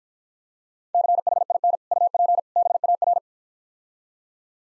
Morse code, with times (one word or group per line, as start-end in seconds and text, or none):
0.9-1.8 CHIN
1.9-2.4 UP
2.6-3.2 BAR